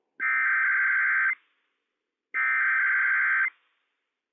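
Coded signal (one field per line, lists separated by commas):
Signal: Emergency Alert System (SAME) tones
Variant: header bursts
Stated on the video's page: Required Weekly Test from Franklin County EM on NOAA Weather Radio WWF56, for Benton, Franklin and Walla Walla counties, Washington.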